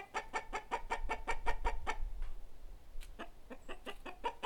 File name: Chickens